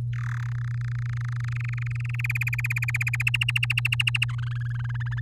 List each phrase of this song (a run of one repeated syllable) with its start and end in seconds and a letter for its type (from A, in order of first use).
0.13-0.47 A, 0.48-2.21 B, 2.24-3.23 C, 3.27-4.25 D, 4.29-5.20 E